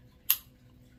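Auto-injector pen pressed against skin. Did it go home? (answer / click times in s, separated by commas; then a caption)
yes / 0.3 s. A single-use Wegovy auto-injector pen, pressed against pinched skin, fires with one loud, sharp click at 0.3 s. The bright, broadband snap decays within about a tenth of a second over a faint low hum, confirming the injection has gone off.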